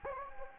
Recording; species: mosquito wingbeat signal from an infrared sensor; Anopheles gambiae